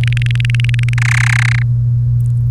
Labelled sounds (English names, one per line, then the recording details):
Domestic Canary song
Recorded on 1 May 2018 at 14:01
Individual llb3